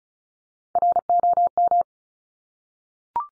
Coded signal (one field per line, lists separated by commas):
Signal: Morse code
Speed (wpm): 36 wpm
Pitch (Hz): 700 Hz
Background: none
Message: ROM